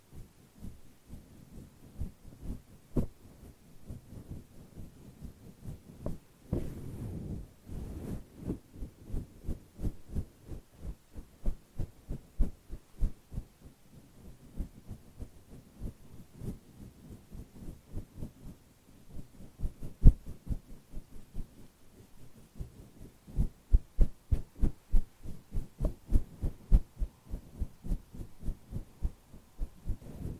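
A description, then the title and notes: A microphone wind muff is brushed and stroked in quick, rhythmic passes, each one a soft, low thump or rub. The strokes come densely and steadily throughout, with a heavier, fuller rumble of rubbing around seven seconds and strong bursts near twenty and twenty-five seconds. ASMR Brushing. Stroking the mic with the wind muff (intense).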